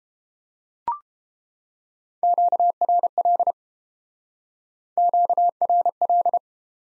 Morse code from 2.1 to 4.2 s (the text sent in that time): QRL